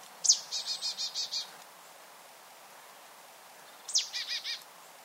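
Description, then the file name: Marsh tit giving a sharp high note followed by several rapid buzzy notes, then a shorter similar phrase a few seconds later. "Poecile palustris"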